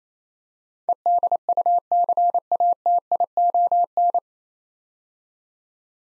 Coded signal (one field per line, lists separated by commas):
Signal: Morse code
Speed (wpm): 28 wpm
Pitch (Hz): 700 Hz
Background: none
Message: EDUCATION